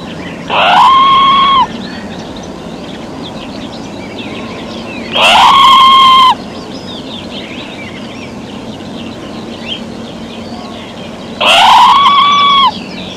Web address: red squirrel